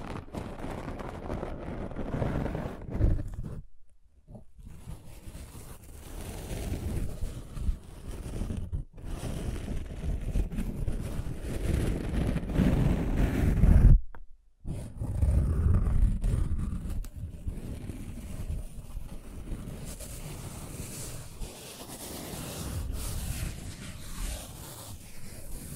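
Rough scratching and tracing rumbles low and dense for most of the time, broken by short silences near four and fourteen seconds.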